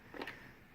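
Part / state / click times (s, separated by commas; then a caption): window vacuum attachment into vacuum body / seated / 0.2 s. A plastic attachment of a Karcher WV5 Premium Plus window vacuum is pushed by hand onto the vacuum body. It seats with a solid click, heard as two quick clicks at 0.2 s and 0.2 s over a quiet background.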